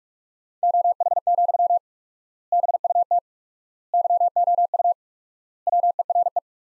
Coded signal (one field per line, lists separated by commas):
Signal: Morse code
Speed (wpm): 41 wpm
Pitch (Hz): 700 Hz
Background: none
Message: OH, BUT YOU WERE